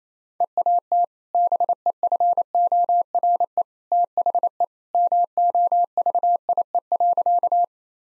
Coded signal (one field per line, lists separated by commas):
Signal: Morse code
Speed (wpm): 28 wpm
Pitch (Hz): 700 Hz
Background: none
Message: EAT BEFORE THE MOVIE.